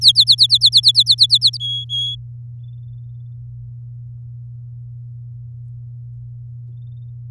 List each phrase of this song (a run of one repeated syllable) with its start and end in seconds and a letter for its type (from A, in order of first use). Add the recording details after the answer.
0.01-1.57 A, 1.60-2.15 B. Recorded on 7 May 2018 at 14:22. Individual llb16